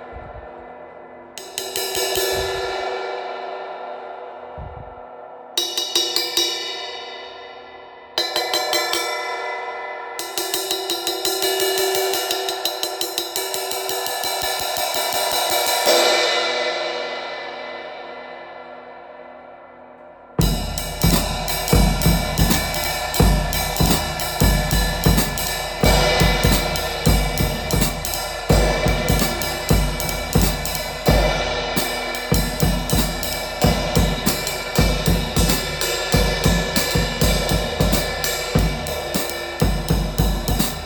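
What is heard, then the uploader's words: A ride cymbal is struck singly for the first twenty seconds, each hit leaving a bright, shimmering wash that fades over a few seconds. From about the twentieth second, a quick, steady stick pattern keeps the cymbal ringing densely until the end. 20” Sabian Custom Shop ride cymbal. It has crisp dry stick, a hollow tone, and the crash has an exotic sound with a very short decay.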